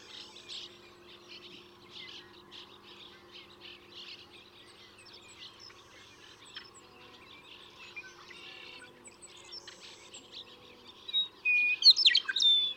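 Western meadowlark song, a loud burst of clear whistled and gurgled notes near the close, over a steady background chorus of small chirping birds.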